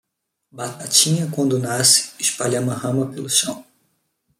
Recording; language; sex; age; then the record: short text; Brazilian Portuguese; male; 20 to 29 years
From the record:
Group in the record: control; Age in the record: 22 years